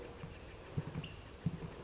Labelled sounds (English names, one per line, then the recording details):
California Towhee
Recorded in Sonoma County, California